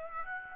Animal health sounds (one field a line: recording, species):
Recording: mosquito wingbeat signal from an infrared sensor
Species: Aedes aegypti